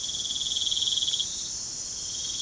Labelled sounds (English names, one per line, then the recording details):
none
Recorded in pastures near Puerto Asís, Putumayo, Colombia, on 27 June 2025 at 03:30
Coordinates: 0.497, -76.327
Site G040